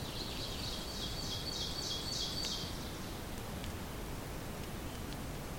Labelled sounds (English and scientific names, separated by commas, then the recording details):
Ovenbird (Seiurus aurocapilla) song
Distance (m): 30 m
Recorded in boreal forest in Alberta, Canada, on 2 June 2016 at 08:37
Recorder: SongMeter 3, array SBT-3-7
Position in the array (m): 172 m, 124 m
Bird 8